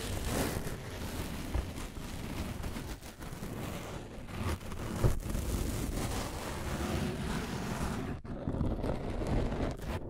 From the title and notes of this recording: ASMR Brain Tingling Scratching & Tracing (No Talking).